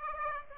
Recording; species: mosquito wingbeat signal from an infrared sensor; Aedes aegypti